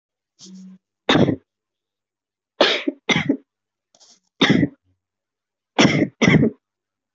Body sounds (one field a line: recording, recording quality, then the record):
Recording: heavy voluntary cough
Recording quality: excellent, no background noise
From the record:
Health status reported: recovered from COVID-19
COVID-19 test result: positive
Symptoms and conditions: cough, cold, fever, fatigue, muscle pain, loss of smell and taste, diarrhoea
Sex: female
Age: 23 years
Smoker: not ticked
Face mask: not worn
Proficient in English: yes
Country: India